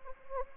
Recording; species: mosquito wingbeat signal from an infrared sensor; Anopheles arabiensis